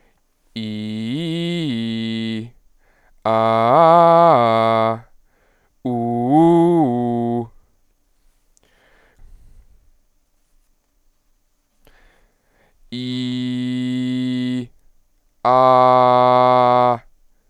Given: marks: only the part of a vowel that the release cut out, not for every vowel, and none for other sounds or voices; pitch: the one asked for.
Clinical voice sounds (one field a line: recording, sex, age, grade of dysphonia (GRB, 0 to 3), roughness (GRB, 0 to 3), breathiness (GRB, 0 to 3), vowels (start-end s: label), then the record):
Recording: sustained vowels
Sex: male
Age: 20 to 29 years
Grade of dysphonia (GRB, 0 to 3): 0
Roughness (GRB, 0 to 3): 0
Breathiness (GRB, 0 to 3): 0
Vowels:
0.66-2.30 s: vowel /i/, low-high-low pitch
3.34-4.85 s: vowel /a/, low-high-low pitch
5.92-7.34 s: vowel /u/, low-high-low pitch
12.99-14.56 s: vowel /i/, normal pitch
15.52-16.87 s: vowel /a/, normal pitch
From the record:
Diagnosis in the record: healthy voice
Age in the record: 22 years